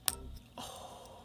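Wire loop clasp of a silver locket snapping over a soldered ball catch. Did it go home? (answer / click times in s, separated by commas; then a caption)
yes / 0.1 s. A handmade sterling silver locket is closed, its wire loop on the top half passing through a soldered tube and snapping over a soldered ball on the bottom half. A sharp, bright click sounds at 0.1 s, followed by faint rattling and then a steady low hiss as someone begins to talk. The clasp seats shut.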